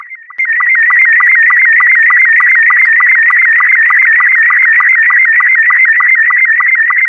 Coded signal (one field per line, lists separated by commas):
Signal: SSTV (slow-scan television)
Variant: Robot 72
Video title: 🔴 SWFL Tech Net - Using SSTV (Slow Scan TV) to send Images in an Emergency